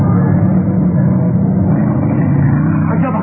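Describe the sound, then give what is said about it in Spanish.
A car engine roars steadily at high speed, going over 70 miles per hour in a car chase, a continuous low, loud rumble with no break, like a vehicle racing flat out. “Pese a que voy a más de 70 millas, ese auto no me pierda de vista.”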